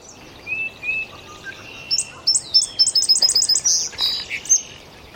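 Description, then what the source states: Indigo Bunting song: a few soft high notes, then a quick run of high, repeated notes. Migrant singing up in a maple above a marsh path in spring, probably just arrived from the south overnight, not normally nesting here; high-pitched song with every note and phrase repeated.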